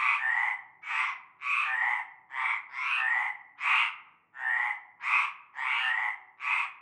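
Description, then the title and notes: Chorusing frogs give rough, ratcheting croaks in a fairly even series. Frog chorus at nightfall in a large concrete basin holding stagnant greenish water; La Ciotat, Bouches-du-Rhône, Provence, France. "Avenue Cante Coucou, Groupède, La Ciotat, Marseille, Bouches-du-Rhône, Provence-Alpes-Côte d'Azur, France métropolitaine, 13600, France - cœur de grenouilles. Une grande vasque en béton, un fond d'eau verdâtre croupissant. et un cœur de grenouilles dès la nuit tombée"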